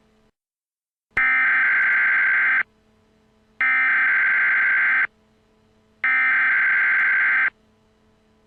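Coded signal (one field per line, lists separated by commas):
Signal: Emergency Alert System (SAME) tones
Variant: header bursts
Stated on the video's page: Simulated Emergency Alert System scenario, not a real alert.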